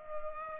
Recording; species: mosquito wingbeat signal from an infrared sensor; Culex pipiens